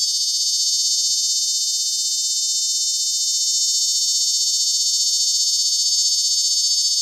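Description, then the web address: Cornuplura nigroalbata cicada producing a sustained high-pitched buzz, finely pulsed at a steady rapid rate, holding constant in loudness across the whole stretch. Recorded in Arizona, United States; song fragment. "100 th meridian cicadas songs. US AZ. Cornuplura nigroalbata fragment"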